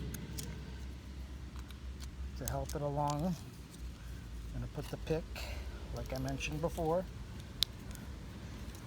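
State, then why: Released. A pick is worked into the seam of a plastic Chevrolet car emblem to separate the badge halves while someone talks. A sharp, loud snap rings out at 7.6 seconds as the plastic halves pop open and come apart.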